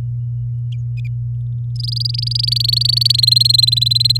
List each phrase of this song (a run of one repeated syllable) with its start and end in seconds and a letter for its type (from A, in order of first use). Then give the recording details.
1.76-3.12 A, 3.14-4.17 B. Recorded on 6 May 2018 at 09:46. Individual llb16